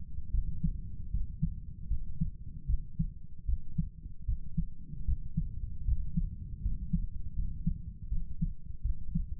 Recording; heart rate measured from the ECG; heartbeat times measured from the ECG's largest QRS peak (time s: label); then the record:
heart sounds by stethoscope; 78 bpm
0.31 s: heartbeat
1.11 s: heartbeat
1.88 s: heartbeat
2.67 s: heartbeat
3.46 s: heartbeat
4.25 s: heartbeat
5.05 s: heartbeat
5.85 s: heartbeat
6.62 s: heartbeat
7.35 s: heartbeat
8.09 s: heartbeat
8.82 s: heartbeat
From the record:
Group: healthy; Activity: rest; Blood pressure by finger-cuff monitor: 98/59 mmHg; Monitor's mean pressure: 71 mmHg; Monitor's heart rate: 75 bpm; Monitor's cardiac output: 7.3 L/min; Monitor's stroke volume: 97 mL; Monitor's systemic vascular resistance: 700 dyn s/cm5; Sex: male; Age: 35 years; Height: 180 cm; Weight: 86.9 kg